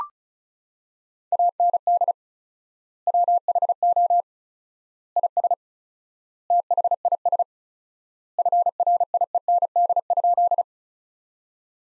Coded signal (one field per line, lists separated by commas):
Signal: Morse code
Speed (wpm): 36 wpm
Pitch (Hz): 700 Hz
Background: none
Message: AND WHO IS THIS FRIEND?